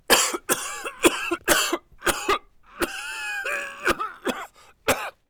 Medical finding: Coughing man.